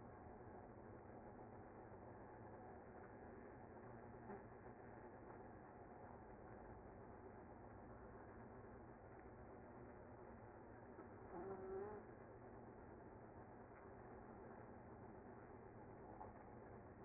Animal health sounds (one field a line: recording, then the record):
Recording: honeybee colony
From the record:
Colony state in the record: active